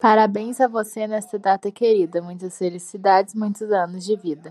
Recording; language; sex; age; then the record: short text; Brazilian Portuguese; female; 20 to 29 years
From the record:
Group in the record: control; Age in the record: 21 years